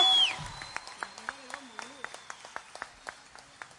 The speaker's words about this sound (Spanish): Fuerte el aplauso para Dulce.